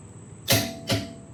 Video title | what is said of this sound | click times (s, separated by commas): Husky 9 piece Tire Change Kit 1006068081 | until you hear a click | 0.5 s